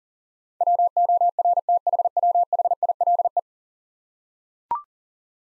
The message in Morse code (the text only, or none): WORTHWHILE